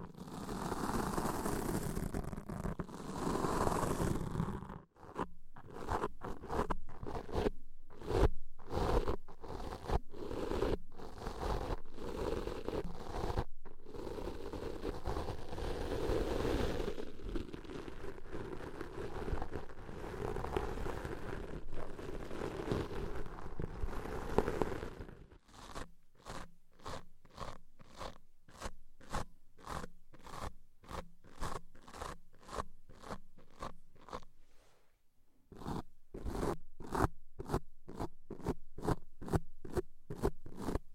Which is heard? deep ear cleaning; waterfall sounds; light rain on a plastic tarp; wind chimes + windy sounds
deep ear cleaning